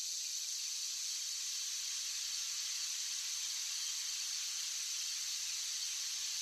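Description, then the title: A cicada chorus forms an even, high sizzling hum that never breaks or shifts throughout; no other sounds come through. Cicadas singing outdoors on a warm summer night. "17 Minute Rosary - SATURDAY - Joyful - CICADA SONG"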